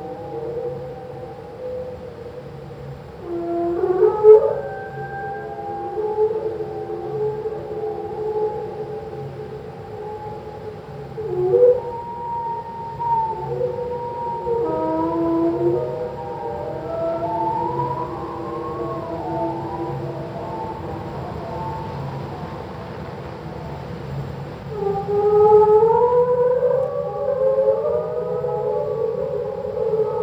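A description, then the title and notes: Slowed-down humpback whale song: long, low gliding moans rising and falling over a steady deep rumble, with louder swells near 4, 15 and 25 seconds. Slowed down solo whale. The magical music of the humpback whales.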